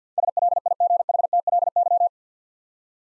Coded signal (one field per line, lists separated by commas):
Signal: Morse code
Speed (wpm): 52 wpm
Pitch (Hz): 700 Hz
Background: none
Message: SLIGHTLY